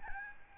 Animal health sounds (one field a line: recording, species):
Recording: mosquito wingbeat signal from an infrared sensor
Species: Aedes albopictus